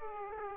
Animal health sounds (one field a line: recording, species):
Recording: mosquito wingbeat signal from an infrared sensor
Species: Aedes aegypti